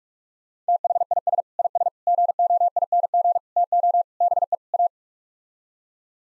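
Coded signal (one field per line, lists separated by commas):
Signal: Morse code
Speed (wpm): 41 wpm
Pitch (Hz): 700 Hz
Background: none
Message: THIS IS GOING TO BE A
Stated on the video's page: Morse practice sets of six-word phrases at 45 wpm; each set sent, then spoken, then sent again for head-copy practice.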